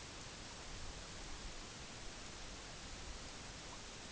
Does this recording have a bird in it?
no